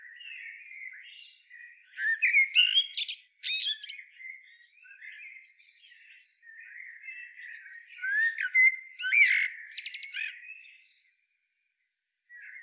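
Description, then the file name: Common blackbird song in two main phrases, fluty low notes breaking into shrill, scratchy twitters, separated by soft subdued warbling. "Turdus merula"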